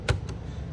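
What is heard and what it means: The cover of an RV converter panel, which covers the AC breakers and DC fuses, is flipped up into place and pushed shut against the wall cabinet. It latches with a sharp click at 0.1 s, followed by a fainter tap at 0.3 s, and the cover is seated closed.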